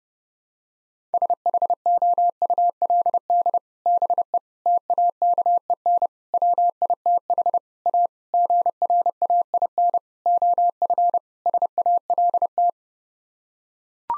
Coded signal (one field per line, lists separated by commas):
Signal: Morse code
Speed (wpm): 32 wpm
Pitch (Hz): 700 Hz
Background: none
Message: SHOULD BE TAKEN WITH A GRAIN OF SALT